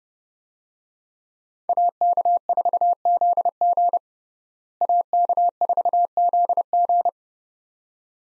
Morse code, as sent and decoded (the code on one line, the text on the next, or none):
.- -.- ....- --.. --. / .- -.- ....- --.. --.
AK4ZG AK4ZG